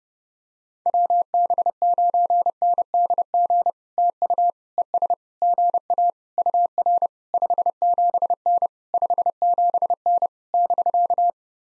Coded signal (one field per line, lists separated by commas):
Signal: Morse code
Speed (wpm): 30 wpm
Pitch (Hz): 700 Hz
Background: none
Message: WB9NDG TU ES GA UR 57N 57N <BK>